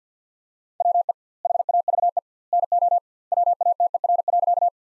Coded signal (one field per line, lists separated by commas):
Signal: Morse code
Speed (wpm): 50 wpm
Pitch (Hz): 700 Hz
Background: none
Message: WE HAVE NO WATER.